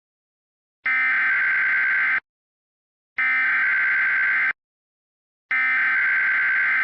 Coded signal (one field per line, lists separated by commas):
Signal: Emergency Alert System (SAME) tones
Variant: header bursts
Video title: Keon.exe 6 - EAS Scenario